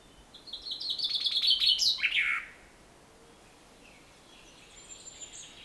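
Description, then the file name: Common chaffinch song: one quick descending trilled phrase with a sharp terminal flourish, followed by a faint, softer phrase near the end. "Fringilla coelebs"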